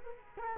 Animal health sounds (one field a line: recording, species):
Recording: mosquito wingbeat signal from an infrared sensor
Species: Culex quinquefasciatus